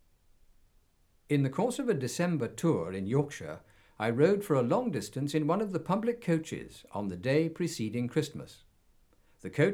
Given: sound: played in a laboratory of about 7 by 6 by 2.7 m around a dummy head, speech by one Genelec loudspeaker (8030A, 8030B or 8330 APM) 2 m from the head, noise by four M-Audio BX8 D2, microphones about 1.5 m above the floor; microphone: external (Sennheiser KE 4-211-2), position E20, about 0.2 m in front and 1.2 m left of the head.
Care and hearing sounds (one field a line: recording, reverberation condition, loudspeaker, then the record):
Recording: male speech in English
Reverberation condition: low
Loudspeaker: 60 degrees to the left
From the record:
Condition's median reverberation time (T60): about 310 ms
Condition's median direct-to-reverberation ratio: about 3.5 dB